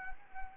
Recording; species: mosquito wingbeat signal from an infrared sensor; Anopheles arabiensis